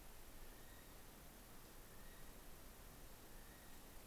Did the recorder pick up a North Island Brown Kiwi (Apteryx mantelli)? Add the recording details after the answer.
yes. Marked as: faintness 3/5. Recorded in New Zealand on 11 December 2011. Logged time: 00:43. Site DD66